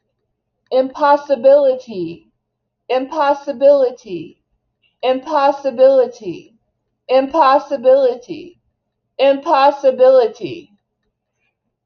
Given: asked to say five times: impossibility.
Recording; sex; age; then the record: repeated word; female; 50 to 59 years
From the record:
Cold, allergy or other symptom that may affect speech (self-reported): no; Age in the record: 52 years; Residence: Wisconsin, United States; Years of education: 16